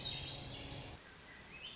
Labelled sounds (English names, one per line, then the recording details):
Swainson's Thrush
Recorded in Sonoma County, California